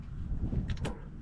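A rear brake hardware clip on a Ford Super Duty, not fully seated at first, is pushed again into the caliper bracket over a low background rumble. Short metallic clicks ring out at 0.7 s and 0.9 s, with a fainter tick between them, as the clip snaps fully home and seats.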